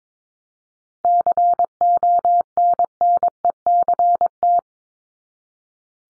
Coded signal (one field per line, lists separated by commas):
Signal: Morse code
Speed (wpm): 22 wpm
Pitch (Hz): 700 Hz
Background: none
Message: CONNECT